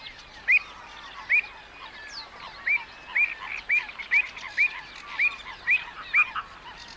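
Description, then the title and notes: Avocet calls: short, bright, slightly upward-flicking notes roughly every half second over a steady background hiss. "Song of the Avocet (Wading bird)"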